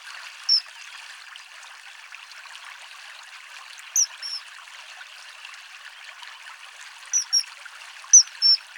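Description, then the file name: Common kingfisher calling with thin, piercing whistles, one early call then short pairs in the middle and near the end, against continuous trickling stream noise. "Eisvogel"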